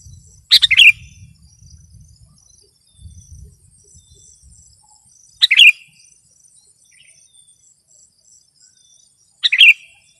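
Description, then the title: Sooty-headed bulbul uttering three short bubbly phrases spaced several seconds apart, with soft low rumbles after the first. "kutilang"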